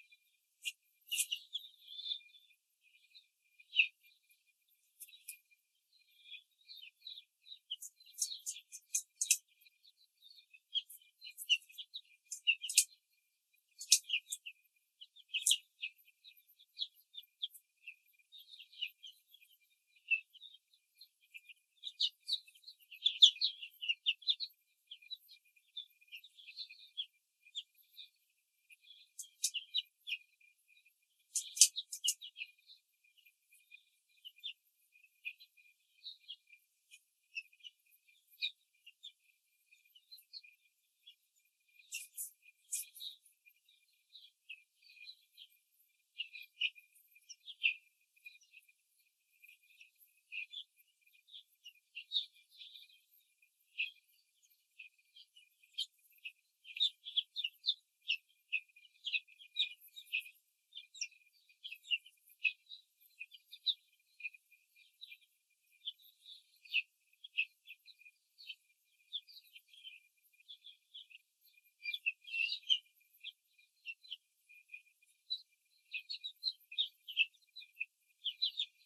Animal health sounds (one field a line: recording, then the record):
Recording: young laying hens in a cage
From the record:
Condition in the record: control cage, after the stress test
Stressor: none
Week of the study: 4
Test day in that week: 3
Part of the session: 3